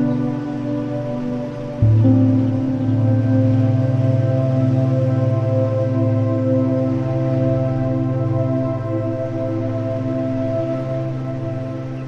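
Ambient music holds a steady, low sustained chord with a soft hiss beneath, shifting to a fuller, louder chord about two seconds in.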